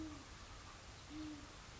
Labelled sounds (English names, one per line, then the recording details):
Great Horned Owl
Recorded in Sonoma County, California